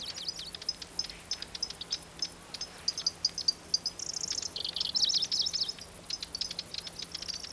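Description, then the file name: Pallas's grasshopper warbler song, rapid high clicks and chirps broken by loud buzzy trills midway, against a low steady hum. "locustella certhiola"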